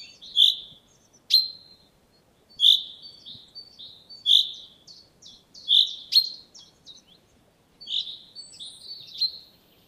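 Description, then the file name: Common chaffinch giving sharp high chinking notes in a steady series, some followed by softer twittering notes. "Fringilla coelebs"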